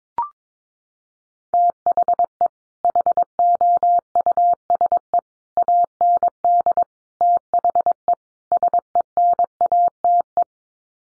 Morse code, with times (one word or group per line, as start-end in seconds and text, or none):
1.5-2.5 THE
2.8-5.2 HOUSE
5.6-6.8 AND
7.2-8.1 THE
8.5-10.4 SENATE